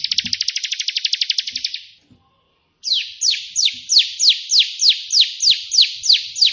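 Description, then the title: Prinia song: a long even buzzy trill of quick ticks, a brief pause, then a steady series of downward-slurred chip notes. Three song variations of the prenjak putih, a prinia, suited as tutor song for pet prinias. "3 VARIASI TEMBAKAN prenjak putih ini COCOK untuk masteran prenjak anda"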